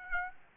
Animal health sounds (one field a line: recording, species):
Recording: mosquito wingbeat signal from an infrared sensor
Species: Aedes aegypti